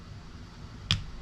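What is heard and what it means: During reassembly of a full-length Kimber Stainless Raptor II 1911 pistol, a small spring-loaded retainer in the slide assembly is pressed down with a tool and slid over until it snaps home. A single sharp, loud snap rises out of a quiet background at 0.9 s. The retainer is seated in place.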